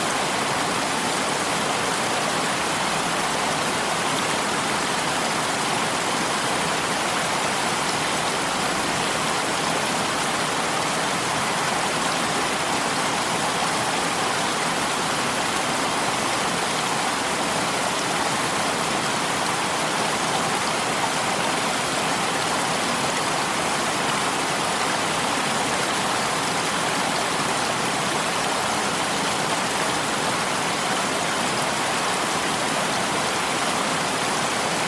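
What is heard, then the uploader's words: A waterfall pours steadily into a stream, a dense, unbroken rush of water that holds the same level for the whole stretch. The sound is bright and hissing, full in the upper range with little low rumble, and nothing else breaks through. Relaxing Waterfall White Noise With Stream Water Sounds.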